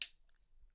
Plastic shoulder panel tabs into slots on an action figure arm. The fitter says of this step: We take it, fold it forwards, pops into place, and that forms the shoulder.